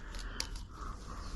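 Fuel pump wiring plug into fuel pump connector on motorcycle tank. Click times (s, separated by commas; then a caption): 0.4 s. The fuel pump wiring plug is pushed back into the fuel pump connector on the tank of a Harley Davidson Breakout FXSB while fitting a new Dark Parts console. Two soft taps at 0.1 s and 0.6 s surround a sharp, bright click at 0.4 s as the plug seats nice and tight.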